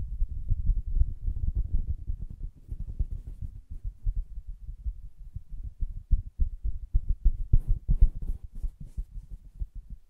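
Soft, muffled tapping and scratching on a fabric surface, with rapid dull thumps packed tightly throughout. The sound stays low and padded, easing slightly midway, then a few sharper, brighter scratches and taps stand out around the eighth second.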